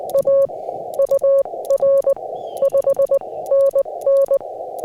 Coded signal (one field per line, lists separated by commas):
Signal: Morse code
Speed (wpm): 20 wpm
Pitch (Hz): 550 Hz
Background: none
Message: A UR 5NN